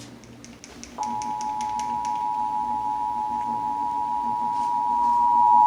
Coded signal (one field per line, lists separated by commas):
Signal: Emergency Alert System (SAME) tones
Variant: 853 and 960 Hz attention tone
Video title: (EAS #573-583) March 2024 Texas Required Monthly Test